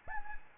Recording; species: mosquito wingbeat signal from an infrared sensor; Anopheles gambiae